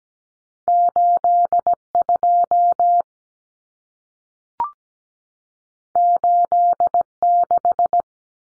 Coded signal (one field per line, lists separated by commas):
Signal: Morse code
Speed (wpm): 17 wpm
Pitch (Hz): 700 Hz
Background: none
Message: 82 86